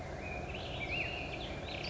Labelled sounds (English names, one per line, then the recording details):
Black-headed Grosbeak
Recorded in Sonoma County, California